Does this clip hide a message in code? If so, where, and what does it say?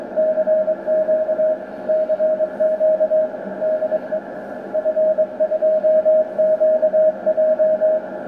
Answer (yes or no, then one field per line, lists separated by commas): yes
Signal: Morse code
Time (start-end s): 0.2-8.0 s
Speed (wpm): 22 wpm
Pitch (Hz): 630 Hz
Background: none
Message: CQ CQ DE F2QJ